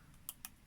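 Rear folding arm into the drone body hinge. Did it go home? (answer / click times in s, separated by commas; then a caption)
yes / 0.3 s, 0.5 s. The rear folding arms of a small DJI Mavic Air drone are folded down and back by hand at their hinges in the drone body until they lock into their open position. Two sharp clicks are heard at about 0.3 s and 0.5 s. The arms are locked in place and feel very sturdy.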